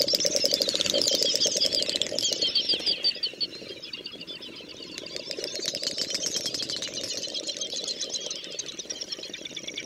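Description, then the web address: Great snipe giving fast rattling clicks under rising and falling high twitters that swell early, fade briefly mid-way, then return with bubbling warbles. "Przyroda Ptaki Dubelt"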